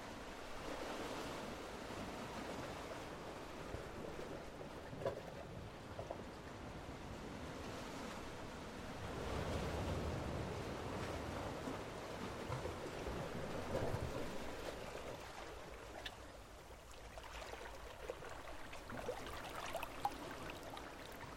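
Water surges and flows steadily, a dense rushing wash with a low rumble that swells between about 8 and 14 seconds, then thins out. Faint crackles and small splashy ticks appear throughout, with some wind-like buffeting in the low end.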